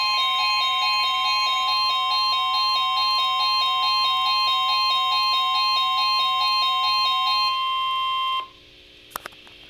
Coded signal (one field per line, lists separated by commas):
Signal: Emergency Alert System (SAME) tones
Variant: 1050 Hz attention tone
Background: music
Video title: NOAA Weather Radio: Severe Thunderstorm + Special Marine Warning (EAS #141-142)